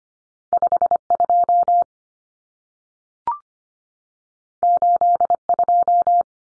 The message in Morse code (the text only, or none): 52 82